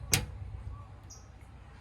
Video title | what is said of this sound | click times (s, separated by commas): How to Install Clear Side markers - Honda S2000! | on the back Fender you then just give it a firm little push and it'll snap right in | 0.1 s